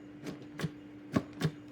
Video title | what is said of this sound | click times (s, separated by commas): Reseña del JUILIST Licuadoras Para Verduras y Frutas, 400W Extractor de jugo con 65MM de Boca Ancha, | You hear that? Okay, so that's to make sure that it lets the machine know that you are clicked into place. | 1.2 s